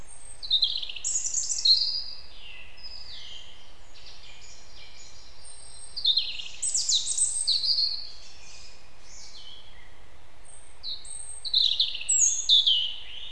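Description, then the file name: European robin song: high, fluid phrases of thin whistles and quick trills sweeping between pitches, given in bursts with long pauses, over a steady low hiss. "Erithacus rubecula"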